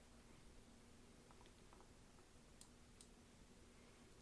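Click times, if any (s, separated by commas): 2.6 s, 3.0 s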